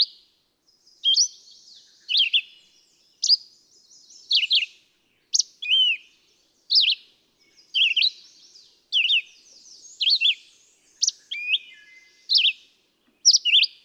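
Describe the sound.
Red-eyed vireo delivering a continuous series of short, varied whistled phrases, close to one per second, each slurring up or down.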